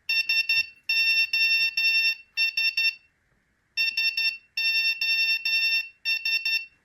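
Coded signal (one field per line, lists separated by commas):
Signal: Morse code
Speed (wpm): 12 wpm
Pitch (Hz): 2700 Hz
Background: none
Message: SOS SOS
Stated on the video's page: Passive piezo buzzer driven by an Arduino Uno.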